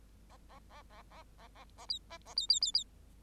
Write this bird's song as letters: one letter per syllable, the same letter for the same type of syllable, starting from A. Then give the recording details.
A A A A A A A A B A A B B B B. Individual Bird8